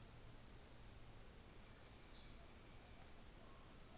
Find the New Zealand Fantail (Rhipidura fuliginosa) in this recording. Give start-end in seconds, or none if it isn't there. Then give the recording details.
0.03-2.81. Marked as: faintness 3/5. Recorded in New Zealand on 24 December 2018. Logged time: 13:40